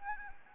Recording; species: mosquito wingbeat signal from an infrared sensor; Anopheles gambiae